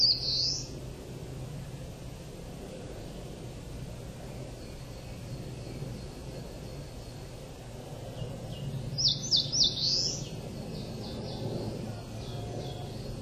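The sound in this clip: Crowned warbler song, a short burst of high, thin notes at the start and another run of rapid, repeated high notes near nine seconds, over steady low background rumble.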